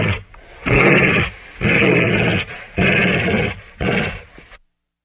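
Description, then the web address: Dog growling in four long, rough, rumbling bursts separated by brief pauses, then silence. Angry dog growling. "suono del cane arrabbiato che ringhia suono del cane che ringhia"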